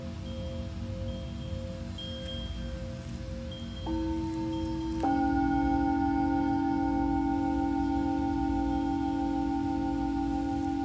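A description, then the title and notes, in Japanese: Singing bowls hum with a steady, sustained ringing tone over a low, rumbling drone. Near four seconds a second bowl joins, and around five seconds a stronger, brighter tone swells in and holds, making the sound fuller and louder through the end. 真夜中の シンギングボウルのサウンドヒーリング ライブ。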